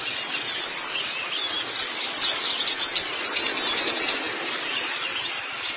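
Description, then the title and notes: White-eye song: a couple of high downslurred chirps followed by a quick, rattling run of bright twittering notes, then quiet hiss. "Kicauan Burung Pleci Durasi Panjang. Suara kicauan burung pleci"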